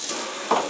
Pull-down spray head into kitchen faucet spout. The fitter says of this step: to click into place when it's all the way in there but if you just let it go by itself like